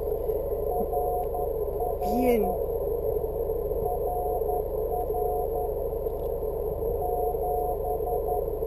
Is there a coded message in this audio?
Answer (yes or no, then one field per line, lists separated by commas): yes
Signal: Morse code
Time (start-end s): 0.7-8.4 s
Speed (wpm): 11 wpm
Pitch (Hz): 720 Hz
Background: speech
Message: RR RR 7